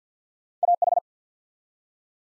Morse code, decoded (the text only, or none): AH